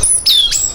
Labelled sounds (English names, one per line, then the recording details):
Stitchbird song
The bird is a male
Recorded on Tiritiri Matangi Island, New Zealand, in 2005
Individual 12, of nest box 16